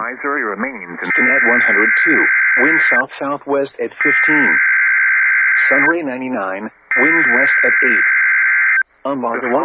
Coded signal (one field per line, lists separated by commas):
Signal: Emergency Alert System (SAME) tones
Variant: header bursts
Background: speech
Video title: Lubbock Messed Up + More | EAS Alerts from July 18th, 2023 (EAS #2911-2933)